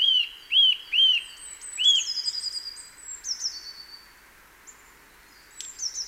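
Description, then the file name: Eurasian nuthatch calls, four loud arched whistled notes in the first two seconds, followed by fainter high thin chirps and trills. "Sitta europaea"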